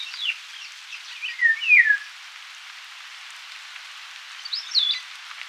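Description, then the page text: Eurasian golden oriole song: fluty, slurred whistled phrases falling in pitch, a burst at the start and another near the end, over a steady hiss. "Eurasian Golden Oriole Song - Quick Sounds"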